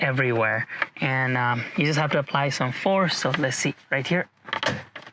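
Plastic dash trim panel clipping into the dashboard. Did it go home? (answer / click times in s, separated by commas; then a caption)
yes / 4.5 s, 4.6 s. A replacement plastic instrument-cluster trim panel for a Tesla Model 3/Y 2024 folding instrument cluster display is pressed onto the dashboard with some force while someone talks. Its plastic clips snap into place with sharp clicks at 4.5 and 4.6 seconds, and the panel is seated.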